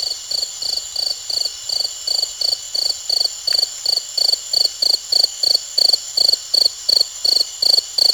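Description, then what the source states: Cricket chirping steadily, short high pulsed chirps about three per second throughout, with matching lower pulsing sounds beneath and a faint continuous hiss. Recorded at Uxmal.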